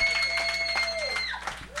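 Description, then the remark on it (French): A small group of studio guests applauds with steady, dense clapping for about two seconds, with a sustained high whistling tone that slides downward near the end. “Applaudissez-vous, full. Moi, je veux l'entendre.”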